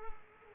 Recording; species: mosquito wingbeat signal from an infrared sensor; Culex quinquefasciatus